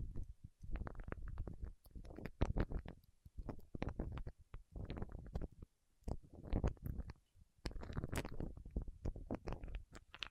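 Wax fingertips squish and crackle in bursts of a second or so, separated by brief silences. The sounds are dense and gurgling, weighted low with sticky clicks and pops, and a few sharper ticks reach higher. A faint hiss runs underneath throughout.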